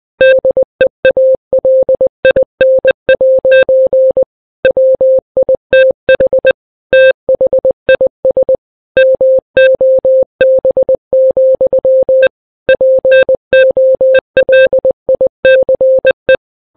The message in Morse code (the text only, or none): DEALIN' WITH THIS MOB, POLICE